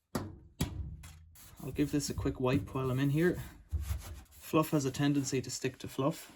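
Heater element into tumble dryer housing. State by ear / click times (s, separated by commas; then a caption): seated / 0.2 s. A heater element housing with its wired connectors slid back around the corner is pressed into a Beko tumble dryer and snaps into place with a sharp click at 0.2 s, followed by two more short knocks. Afterward someone talks over soft rubbing and wiping sounds.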